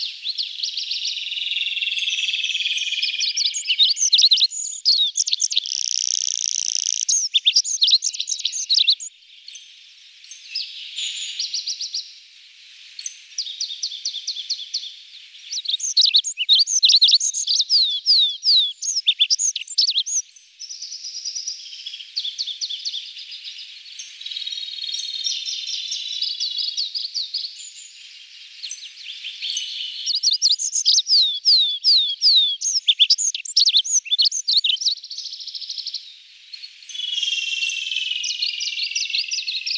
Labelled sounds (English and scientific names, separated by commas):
Olive-backed Pipit (Anthus hodgsoni) song